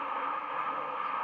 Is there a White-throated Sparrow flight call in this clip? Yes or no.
no